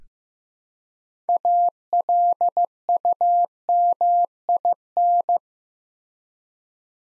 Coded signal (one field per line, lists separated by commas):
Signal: Morse code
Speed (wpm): 15 wpm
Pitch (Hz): 700 Hz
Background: none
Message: ALUMIN